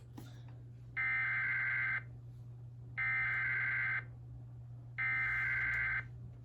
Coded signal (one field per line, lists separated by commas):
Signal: Emergency Alert System (SAME) tones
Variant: header bursts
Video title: EAS 756: Bismark SVR